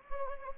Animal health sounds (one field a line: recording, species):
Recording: mosquito wingbeat signal from an infrared sensor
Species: Anopheles gambiae